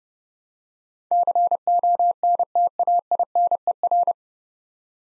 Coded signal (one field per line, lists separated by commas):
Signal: Morse code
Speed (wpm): 30 wpm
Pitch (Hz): 700 Hz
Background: none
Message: CONTAINER